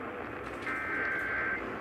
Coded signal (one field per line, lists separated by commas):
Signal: Emergency Alert System (SAME) tones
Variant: header bursts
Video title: (EAS #1387-1407) Tests to-- wait, didn't I use this title before? (EAS Alerts from 8/19/2021)